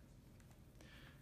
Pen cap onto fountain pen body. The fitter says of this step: the cap comes off and goes on with a nice snap I like that snap you could hear it